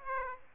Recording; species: mosquito wingbeat signal from an infrared sensor; Aedes aegypti